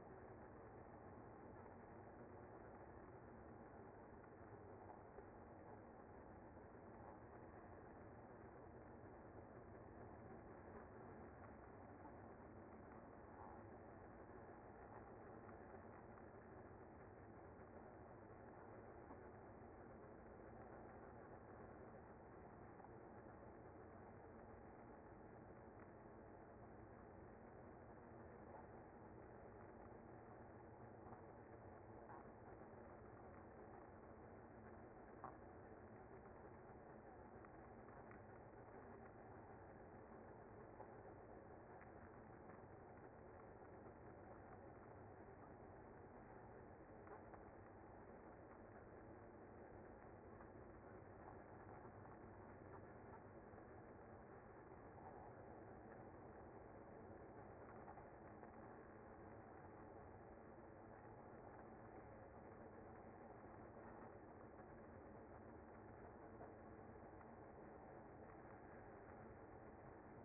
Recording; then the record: honeybee colony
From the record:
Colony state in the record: active